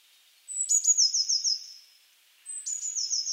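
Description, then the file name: Eurasian blue tit: a thin high note sliding down into a fast trill, given twice, the second cut off at the end. "Cyanistes caeruleus"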